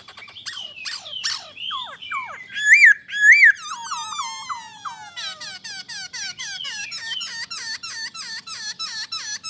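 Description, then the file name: Black-throated laughingthrush giving harsh scratchy notes, then two loud rising-falling whistles, followed by a long run of squeaky repeated notes. "Pterorhinus chinensis"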